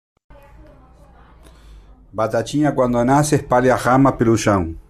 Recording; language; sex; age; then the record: short text; Brazilian Portuguese; male; 40 to 49 years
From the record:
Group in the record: control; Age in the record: 48 years